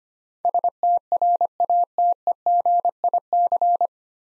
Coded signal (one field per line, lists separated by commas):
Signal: Morse code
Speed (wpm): 25 wpm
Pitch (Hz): 700 Hz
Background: none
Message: STRATEGIC